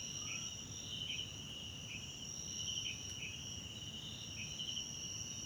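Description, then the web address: Crickets call in a dense shrill trill while several short downward chirps repeat, with a faint click midway and low background rumble. South African crickets, background ambience recorded at night in a wetland park at Kosi Forest Lodge, South Africa. "Tonschliff - SOUTH AFRICAN CRICKETS BG South Africa Wetland Park Kosi Forest Lodge Night"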